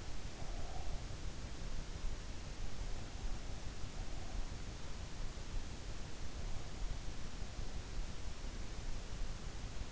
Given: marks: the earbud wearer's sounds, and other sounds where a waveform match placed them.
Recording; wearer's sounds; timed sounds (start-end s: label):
sounds in sleep by an in-ear microphone; breath
0.00-1.47 s: breath